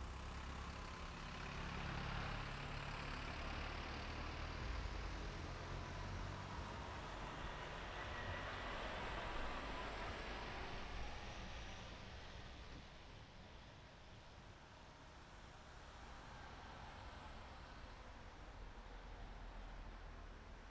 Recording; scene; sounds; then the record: everyday scene through a hearing-aid microphone; in traffic; traffic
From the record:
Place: main road on the outskirts, rush hour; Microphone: behind the ear, right, rear